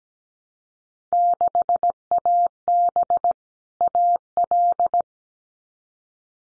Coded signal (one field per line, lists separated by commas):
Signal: Morse code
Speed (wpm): 17 wpm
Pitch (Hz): 700 Hz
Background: none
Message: 6AB AL